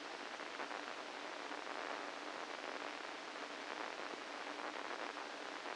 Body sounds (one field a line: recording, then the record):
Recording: brain microelectrode recording played as sound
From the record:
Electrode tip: inside the subthalamic nucleus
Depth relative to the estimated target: -3 mm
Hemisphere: right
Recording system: NeuroSet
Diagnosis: Parkinson's disease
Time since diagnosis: 8 years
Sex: male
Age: 65 years